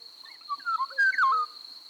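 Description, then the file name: Eurasian golden oriole song: one brief mellow fluting phrase of slurred whistles sweeping up and down, with a thin steady high whine behind it. "sargarigo"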